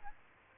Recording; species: mosquito wingbeat signal from an infrared sensor; Aedes aegypti